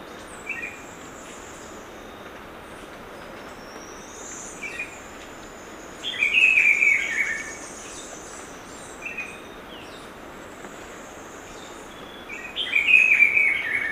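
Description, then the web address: Black-billed peppershrike song: a short, rich warbled phrase given twice about six seconds apart, with faint scattered chirps and steady hiss between. Recorded in Ecuador. "Natures Songs S America Birds of Ecuador. Black-billed Peppershrike"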